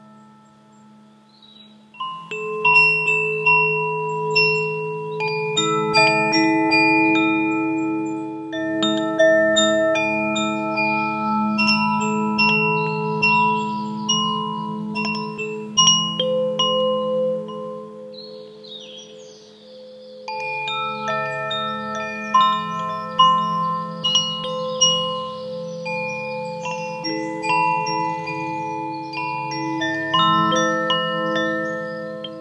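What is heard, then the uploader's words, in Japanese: Wind chimes ring almost continuously, with many overlapping bright tones struck in irregular clusters and left to sustain and fade. The ringing starts around two seconds in, thins briefly near twenty seconds, then picks up again with a low hum underneath throughout. 你可以在風鈴的共鳴管內部看見八根精準校音的含銀音柱焊接在金屬共振盤上。不到6點的時間就進入森林裡。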